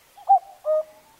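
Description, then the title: Common cuckoo giving a single two-note cuck-oo, a higher first note dropping to a lower, longer second note. Recorded at Zao, Japan. "蔵王のカッコウ"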